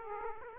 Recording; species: mosquito wingbeat signal from an infrared sensor; Aedes aegypti